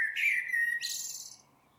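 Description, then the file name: Eurasian blackbird giving a warbled note that slides into a high, scratchy twittering flourish, then silence. "Turdus merula"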